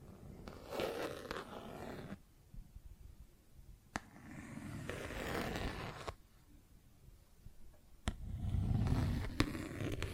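Plastic objects are scraped and rubbed in uneven bursts, with rough rustling stretches around the start, the middle, and near the end. Sharp, isolated taps cut in at about four, six, eight, and nine seconds, separated by near-silent pauses.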